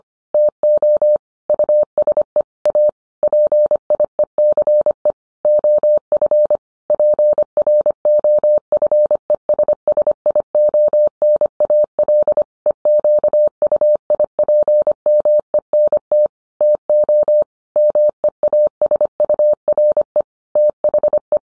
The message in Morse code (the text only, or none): TO USE A PIECE OF PROFESSIONAL EQUIPMENT TO MEASURE THE